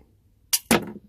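A 3D-printed plastic ballistic knife, an airsoft-capable game tool printed on a Creality CR10S, has its blade locked in the housing with a light spring behind it. A brief bright rustle at about 0.5 s comes just before the release, and at 0.7 s the printed blade latch lets go and the blade fires out with one sharp, loud hit that rings down over the next few tenths of a second. The blade is released from its lock.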